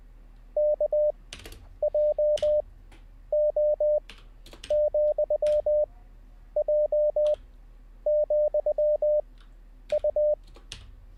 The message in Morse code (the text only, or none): KJO,J,U